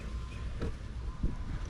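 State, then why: Not seated. A fitting on a fuel pump assembly is pushed into place by hand, with a brief handling noise near 0.6 s over steady low rumbling background noise. The part has not gone home yet, and nothing has seated or clicked.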